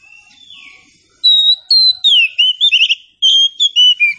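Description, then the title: Magpie-robin song: a burst of loud, clear whistled phrases, some rising and some falling, in quick succession after a quiet opening. Local name kacer; meant to prompt a bird to sing in reply. "Nyaut Kacer"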